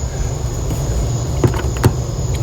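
A plastic brake light bulb socket in the tail lamp housing of a 2002–2006 Toyota Camry is turned counterclockwise by hand, with a low steady hum underneath. Brief plastic clicks sound at about 1.4 s and 1.8 s, and a sharp snap at 1.8 s marks the socket twisting free so it can be pulled straight out.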